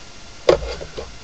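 A plastic air-line fitting, tubing with a twist-lock spinner and air stone, is pushed into a hydroponic bucket setup. A single sharp knock at 0.5 s marks it popping into place, followed by a couple of faint softer knocks. The fitting is seated.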